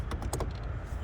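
A wiring harness plug is pushed onto the connector of a new Forge blow-off/diverter valve on the engine of an Audi A4 B7 2.0 TFSI with a K04 conversion. A few short plastic-sounding taps arrive at about 0.1, 0.2, 0.3 and 0.4 s over a steady low rumble, and the loudest, at 0.3 s, is the connector clicking in and seating.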